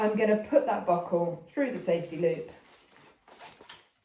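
Someone talks while handling the plastic waist-belt buckle of an ErgoBaby Aerloom soft baby carrier, threading it through the safety loop toward its receiving female half. After the talking, faint rustling and handling knocks come at about 3.0, 3.3 and 3.7 seconds. Nothing has clicked or seated yet.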